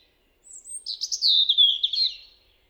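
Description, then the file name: European robin song: a single high, thin drawn-out note followed by a quick, liquid warbled flourish that wavers and drops slightly before stopping. "Erithacus rubecula"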